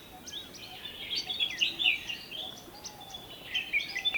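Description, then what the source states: Bulbuls giving rapid, overlapping chirps and slurred whistles in a brief busy chatter. More than one bulbul, described as cheery.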